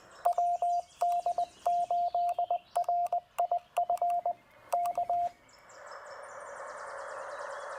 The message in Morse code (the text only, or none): WD8RIF K